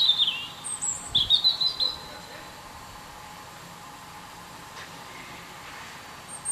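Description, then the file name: European robin giving one brief, thin, high twittering phrase early on, followed by several seconds of quiet background hiss. "Erithacus rubecula"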